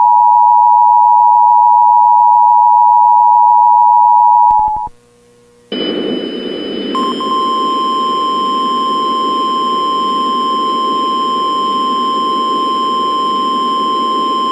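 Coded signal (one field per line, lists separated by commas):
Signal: Emergency Alert System (SAME) tones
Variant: 853 and 960 Hz attention tone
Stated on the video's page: EAS tones from a VHS recording, copied across generations 1 to 5.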